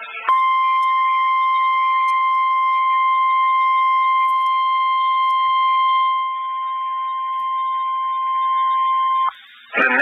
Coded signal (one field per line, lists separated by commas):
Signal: Emergency Alert System (SAME) tones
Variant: 1050 Hz attention tone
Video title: Axellent Craziness 2 (EAS Alerts from 12/10/21 #98-115)